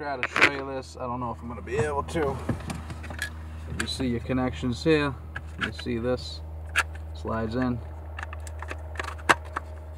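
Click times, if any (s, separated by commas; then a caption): 9.3 s. A plastic wiring connector is pushed onto the replacement hazard/turn-signal switch in the dashboard of a 1998 Volkswagen Beetle, as part of a fix for turn signals and hazards that don't work. Someone talks over a steady low hum while the connector slides in, with small taps around it. A sharp click at 9.3 s marks the connector latching and seating.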